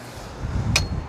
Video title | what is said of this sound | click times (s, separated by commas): 2026 Boston Whaler 280 Dauntless for sale at MarineMax Ocean View, New Jersey | Easily click into place | 0.8 s